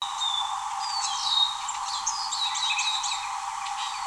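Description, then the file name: Eurasian siskin calls: thin, high whistled notes, some falling and some sliding, mixed with quick twittering chirps throughout, over a faint hiss. "erlenzeisig"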